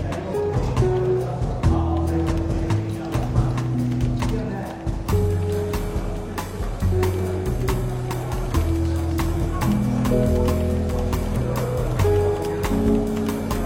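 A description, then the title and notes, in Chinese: A London bookshop café with a light, busy murmur and soft, easy jazz playing in the background. Warm low bass notes and mellow chords change every second or so over steady chatter, with frequent small clicks and knocks of cups and movement throughout. 伦敦书店咖啡馆轻微喧闹氛围与柔和轻松的爵士背景音乐。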